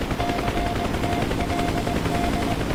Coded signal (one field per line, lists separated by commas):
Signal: Morse code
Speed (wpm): 20 wpm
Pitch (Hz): 700 Hz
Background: none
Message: CTLD